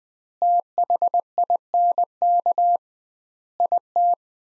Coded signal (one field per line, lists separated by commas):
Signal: Morse code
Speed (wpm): 20 wpm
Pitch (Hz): 700 Hz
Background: none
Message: THINK IT